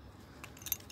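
A plastic windscreen and interior section is prised out of the metal body of a diecast Lotus Europa model car during disassembly. A few faint rattling ticks lead up to a sharp pop at 0.7 s as the section comes free, followed by a light rattle of small parts. The windscreen section is released.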